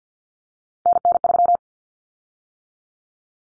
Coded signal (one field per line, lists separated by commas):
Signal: Morse code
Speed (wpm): 50 wpm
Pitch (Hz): 700 Hz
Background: none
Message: NN3